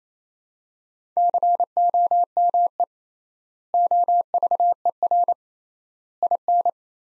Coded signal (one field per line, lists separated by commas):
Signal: Morse code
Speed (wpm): 28 wpm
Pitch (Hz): 700 Hz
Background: none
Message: COME OVER IN